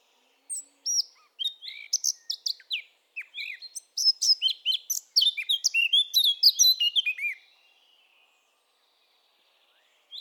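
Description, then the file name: Eurasian blackcap song: a rapid warbling run of varied chirps and whistled notes, rising in intensity over about seven seconds, then ending abruptly, followed by quiet. "Sylvia atricapilla"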